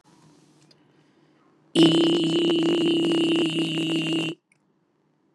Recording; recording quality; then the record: sustained vowel as in beet; excellent, no background noise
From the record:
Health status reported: healthy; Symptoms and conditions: diabetes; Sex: male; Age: 55 years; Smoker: not ticked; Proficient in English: yes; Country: India